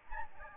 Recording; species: mosquito wingbeat signal from an infrared sensor; Aedes albopictus